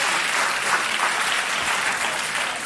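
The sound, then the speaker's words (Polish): Steady, dense applause from a crowd, many hands clapping at once in a continuous, even wash of sound that holds its loudness for the whole few seconds without a break. “Brawa, brawa.”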